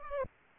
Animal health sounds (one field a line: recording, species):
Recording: mosquito wingbeat signal from an infrared sensor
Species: Aedes albopictus